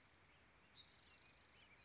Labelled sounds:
Spotted Towhee (Pipilo maculatus)
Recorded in Sonoma County, California

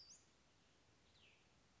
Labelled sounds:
Cassin's Vireo (Vireo cassinii)
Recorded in Sonoma County, California

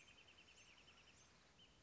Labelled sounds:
Wrentit (Chamaea fasciata)
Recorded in Sonoma County, California

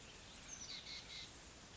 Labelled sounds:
Oak Titmouse (Baeolophus inornatus)
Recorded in Sonoma County, California

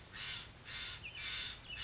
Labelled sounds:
Steller's Jay (Cyanocitta stelleri)
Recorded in Sonoma County, California

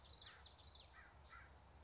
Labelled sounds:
American Crow (Corvus brachyrhynchos)
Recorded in Sonoma County, California

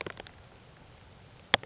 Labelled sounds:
Grasshopper Sparrow (Ammodramus savannarum)
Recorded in Sonoma County, California

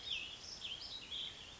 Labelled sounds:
Warbling Vireo (Vireo gilvus)
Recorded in Sonoma County, California

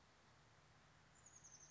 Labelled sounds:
Oak Titmouse (Baeolophus inornatus)
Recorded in Sonoma County, California

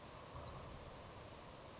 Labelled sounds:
Grasshopper Sparrow (Ammodramus savannarum)
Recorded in Sonoma County, California

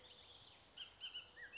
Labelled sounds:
Bullock's Oriole (Icterus bullockii)
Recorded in Sonoma County, California

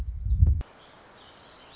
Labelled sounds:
Black-throated Gray Warbler (Setophaga nigrescens)
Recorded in Sonoma County, California

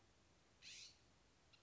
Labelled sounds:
California Scrub-Jay (Aphelocoma californica)
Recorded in Sonoma County, California

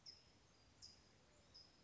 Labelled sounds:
California Towhee (Melozone crissalis)
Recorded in Sonoma County, California

